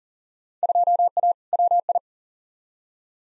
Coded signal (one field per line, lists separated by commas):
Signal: Morse code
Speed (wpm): 40 wpm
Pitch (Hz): 700 Hz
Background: none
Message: 2A WI